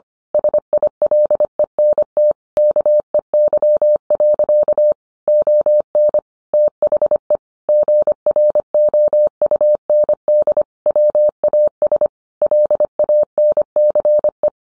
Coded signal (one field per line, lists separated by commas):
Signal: Morse code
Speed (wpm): 25 wpm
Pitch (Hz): 600 Hz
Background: none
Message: SILENT KEY. ON THE GROUND WAS LANCE